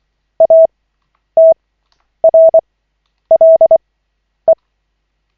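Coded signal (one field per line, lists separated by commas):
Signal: Morse code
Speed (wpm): 24 wpm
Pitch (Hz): 650 Hz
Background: none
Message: ATRLE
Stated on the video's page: Koch method Morse practice session, lesson 11 of 40, from LCWO.net.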